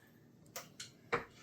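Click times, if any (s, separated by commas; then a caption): 0.6 s, 0.8 s. Small plastic retaining clips on each side of the wire harness connectors are snapped into place on a replacement circuit board inside the tender of a Lionel Legacy model train engine. Two quick, sharp clicks come at 0.6 s and 0.8 s, followed by a louder click-like tap near 1.1 s against quiet background hiss. Both clips seat securely.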